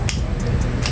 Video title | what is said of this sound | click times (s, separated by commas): Torque Value ng Gear Oil drain Bolt sa Honda Click 125 scooter | nag-click na kung maririnig niyo | 0.1 s